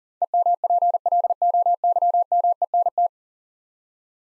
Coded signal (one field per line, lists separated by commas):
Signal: Morse code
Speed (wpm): 38 wpm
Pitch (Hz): 700 Hz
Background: none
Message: EMPLOYMENT